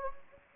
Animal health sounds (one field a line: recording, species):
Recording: mosquito wingbeat signal from an infrared sensor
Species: Anopheles gambiae